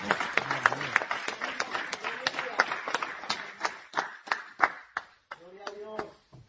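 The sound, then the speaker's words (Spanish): A church audience applauds for Christ during a pastor's sermon, with sharp, steady claps that pulse in a loose rhythm, while voices call out and cheer over the clapping throughout. “Dele ese aplauso al Cristo de la gloria mientras tomo un poquito de agua, hermano.”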